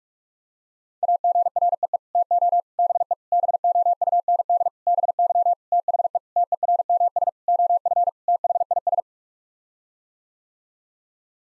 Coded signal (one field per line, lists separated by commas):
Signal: Morse code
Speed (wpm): 46 wpm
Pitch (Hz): 700 Hz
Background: none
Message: AGREE TO BE BOUND BY THE TERMS OF THIS